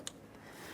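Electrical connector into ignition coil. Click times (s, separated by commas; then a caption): 0.1 s. A plastic electrical connector, aligned with its locking tab up, is pressed onto an ignition coil on a 2012-2018 Nissan Altima 2.5L. One short, sharp click is heard at 0.1 s, followed by quiet low background noise. The connector is seated, and a light tug confirms it holds.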